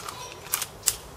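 A magazine is pushed firmly into the magazine well of an airsoft gas blowback pistol, with a few faint ticks and a pair of sharper clicks around 0.5–0.6 s as it slides in. The loudest, sharpest click comes at 0.9 s as the magazine catch engages and the magazine seats home.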